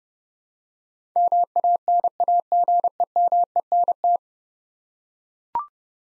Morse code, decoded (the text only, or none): MANAGEMENT